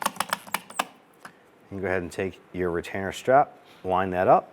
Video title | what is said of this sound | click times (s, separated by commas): How to Replace Gas Cap 2005-2010 Chrysler 300 | give it a few clicks to get that locked into place | 0.1 s, 0.2 s, 0.3 s, 0.5 s, 0.8 s